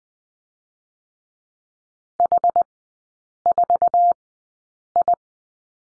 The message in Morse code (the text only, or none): H4I